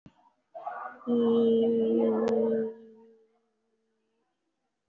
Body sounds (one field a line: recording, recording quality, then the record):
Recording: sustained vowel as in beet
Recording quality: excellent, no background noise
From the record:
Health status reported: respiratory illness, not identified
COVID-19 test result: negative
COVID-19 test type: RT-PCR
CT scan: taken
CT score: 0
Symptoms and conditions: cough, cold, breathing difficulty, pneumonia, another respiratory illness, another condition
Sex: female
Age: 37 years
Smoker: no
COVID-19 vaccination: none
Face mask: worn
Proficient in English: yes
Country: India